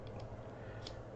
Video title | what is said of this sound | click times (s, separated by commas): TS-100 Soldering Iron LCD Screen Replacement (edited live stream) | the case down and it just clicks into place awesome | 0.9 s